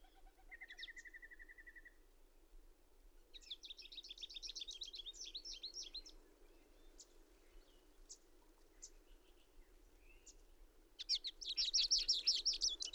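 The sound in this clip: Bird song: a steady mid-pitched trill, then high buzzy chattering phrases and scattered chips, ending with a loud rapid high phrase.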